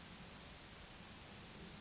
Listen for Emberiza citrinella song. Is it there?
no